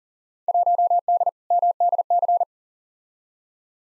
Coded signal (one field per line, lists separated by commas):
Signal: Morse code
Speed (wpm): 40 wpm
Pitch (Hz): 700 Hz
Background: none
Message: 1D MDC